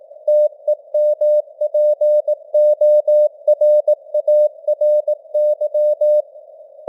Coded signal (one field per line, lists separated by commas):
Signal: Morse code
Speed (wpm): 18 wpm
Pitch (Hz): 600 Hz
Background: none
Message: TEMPORARY